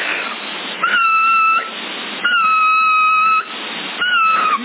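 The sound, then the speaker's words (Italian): Three steady, sustained whistles blown into a CB radio microphone to check how high the transmit power meter rises, reading about 7 watts, each holding one even pitch over a constant band of radio hiss, with the middle whistle lasting longest. No one speaks. Sassari, December 2013. “Vediamo, fischiamo a quanto sale.”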